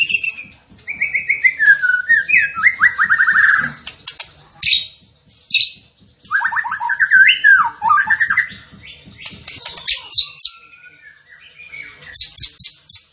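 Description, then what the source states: Tembakan bird song of descending whistled trills and buzzy chatter, phrases separated by short pauses, with high twittering near the end. Masteran training recording, with the bird singing actively (gacor).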